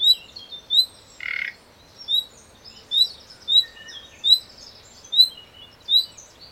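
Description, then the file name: Common nightingale calling with loud high whistles about once a second and one buzzy rasp early on. "Luscinia megarhynchos"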